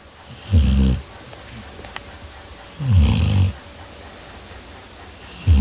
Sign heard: Snoring Labrador.